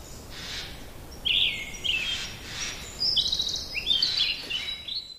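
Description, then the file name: Brown-headed thrush singing several brief whistled phrases, lower notes first, then higher, thinner notes, over soft background noise. "akahara"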